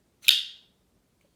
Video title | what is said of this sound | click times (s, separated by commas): Liong Mah KUF V2 Kitchen Utility Folder Overview of 4 Versions | You hear that lockup. | 0.3 s